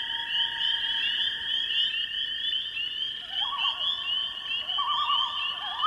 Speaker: Spring peepers sing for mates.